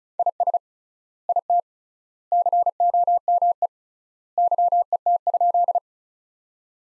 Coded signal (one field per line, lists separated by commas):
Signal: Morse code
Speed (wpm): 34 wpm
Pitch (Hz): 700 Hz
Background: none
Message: IS IT COME YET?